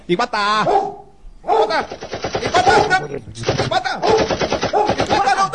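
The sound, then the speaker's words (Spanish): A German shepherd dog, sent to grab a woman's bag, barks loudly, opening with a high, wavering yelp before breaking into a long run of rapid, harsh barks that keep coming in dense bursts. “Mirad, por ejemplo, a aquella mujer con la bolsa, voy a mandar a mi perro para que vaya y coja la bolsa. Por favor, trae al pastor alemán.”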